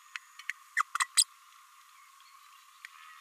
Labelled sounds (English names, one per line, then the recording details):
Green-rumped Parrotlet babbling
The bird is a female
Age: 29 days
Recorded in a nest box in Venezuela
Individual 17B32A5